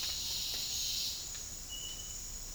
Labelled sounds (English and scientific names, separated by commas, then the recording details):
none
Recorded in dense forest near Puerto Asís, Putumayo, Colombia, on 4 March 2025 at 09:00
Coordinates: 0.484, -76.325
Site G045